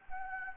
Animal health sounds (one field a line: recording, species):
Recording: mosquito wingbeat signal from an infrared sensor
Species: Anopheles gambiae